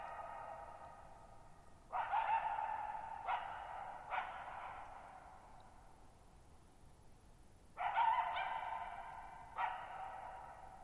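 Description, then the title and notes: Coyote giving five barks in two bouts, each trailing off in a long echo across a quiet space. Lone coyote at night, July 14, 2019, Thirtymile Meadows, Okanogan National Forest (Okanogan High Country), Pacific Northwest, 6400 ft; high, mostly dry plateau among tall mountains; shallow bowl-shaped meadows over boggy ground. "Lone Coyote at Thirtymile Meadows. I spent the night of July 14, 2019, camped near Thirtymile Meadows in the Okanogan National Forest at 6400 ft (1950 m)"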